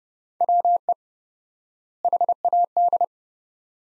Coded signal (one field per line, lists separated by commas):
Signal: Morse code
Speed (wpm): 30 wpm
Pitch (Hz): 700 Hz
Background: none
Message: WE HAD